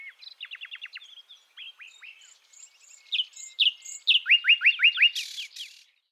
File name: Luscinia megarhynchos